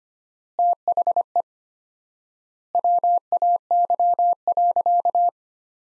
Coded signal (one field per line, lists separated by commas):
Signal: Morse code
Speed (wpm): 25 wpm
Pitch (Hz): 700 Hz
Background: none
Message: THE WAY.